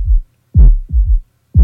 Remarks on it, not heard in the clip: Ventricular gallop that second beat has like a dun rather than a... You almost have three beats rather than two.